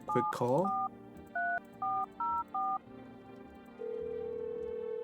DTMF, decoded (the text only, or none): 743404